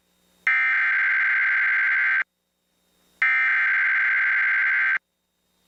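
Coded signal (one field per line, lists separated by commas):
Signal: Emergency Alert System (SAME) tones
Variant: header bursts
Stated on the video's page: Severe Thunderstorm Warning EAS alert aired on an NBC TV station.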